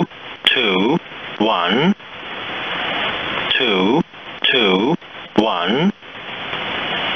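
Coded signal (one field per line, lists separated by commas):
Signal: numbers station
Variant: E07, English male voice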